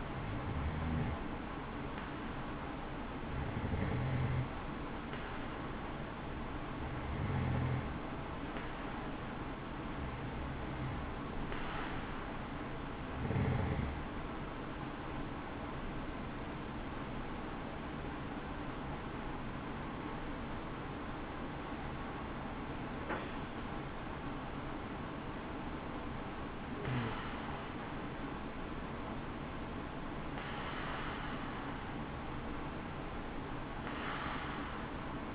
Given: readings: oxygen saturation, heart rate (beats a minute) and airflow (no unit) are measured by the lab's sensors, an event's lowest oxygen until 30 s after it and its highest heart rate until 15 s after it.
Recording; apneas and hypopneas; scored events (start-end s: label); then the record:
breathing in sleep by a voice recorder at the bedside; none
13.00-35.35 s: new sleep stage, N1 (lightest sleep)
From the record:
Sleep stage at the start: N2 (light sleep); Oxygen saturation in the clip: 90 to 93%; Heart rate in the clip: 60 to 70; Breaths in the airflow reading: 11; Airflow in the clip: -8.8 to 7.4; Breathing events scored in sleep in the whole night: 216 in 7.0 hours asleep